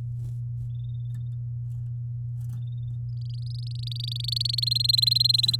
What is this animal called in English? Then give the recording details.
Domestic Canary. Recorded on 7 May 2018 at 13:41. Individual llb16